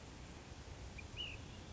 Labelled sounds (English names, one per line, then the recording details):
Ash-throated Flycatcher
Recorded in Sonoma County, California